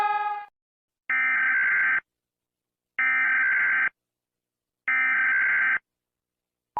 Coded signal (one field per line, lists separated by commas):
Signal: Emergency Alert System (SAME) tones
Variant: header bursts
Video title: all EAS Alarms flags